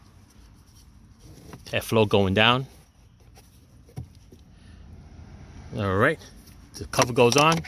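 Someone talks while putting the plastic cabin air filter access cover back onto the HVAC housing behind the glove box of a 2014 Honda Accord, with a few faint handling taps between the speech. The cover is only being handled here; it has not seated or clicked into place yet.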